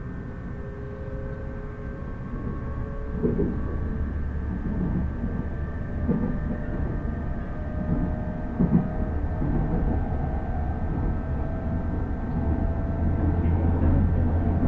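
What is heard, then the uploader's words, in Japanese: A rapid train on the Uchibo Line between Chiba and Kisarazu rumbles along with a steady low drone that builds after the first couple of seconds. Faint whining tones run throughout, with soft rhythmic clunks from the rails every few seconds and a louder knock near nine seconds. 鉄道旅 内房線快速 千葉→木更津。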